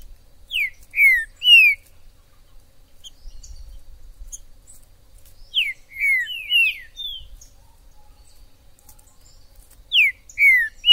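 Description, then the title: Green-winged saltator song: a phrase of three to five loud, clear, downward-sliding whistles, repeated about every four to five seconds, with faint high chirps between. Green-winged saltator singing in the wild in the forest; recording meant to stimulate and provoke caged males to sing and compete. "TRINCA FERRO no MATO"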